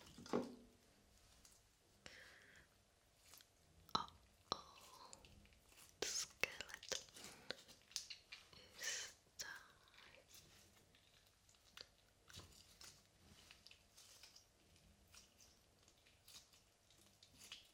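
Slime being squished and pulled. Wet, sticky pops and squelches come in irregular bursts, busiest between about six and ten seconds, then thinning to sparse smacks and soft crackles over a faint low hum.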